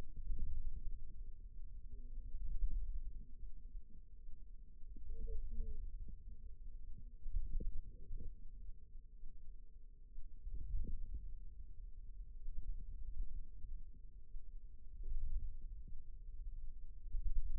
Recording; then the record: forearm muscle sounds (acoustic myography)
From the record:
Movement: wrist extension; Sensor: system 2, bracelet of six BSWA MPA416 microphones around the upper forearm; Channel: 4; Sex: female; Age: 22 years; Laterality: right